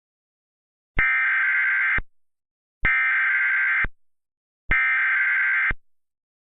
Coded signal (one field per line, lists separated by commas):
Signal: Emergency Alert System (SAME) tones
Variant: header bursts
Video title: Green screen eas (free to use)